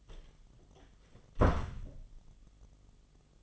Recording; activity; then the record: daily activity, microphone in the room; close door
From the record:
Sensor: 4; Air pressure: 1005.8 hPa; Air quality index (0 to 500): 89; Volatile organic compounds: 2 ppm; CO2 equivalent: 1097 ppm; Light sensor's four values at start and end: 13/29/11/11 and 13/30/12/11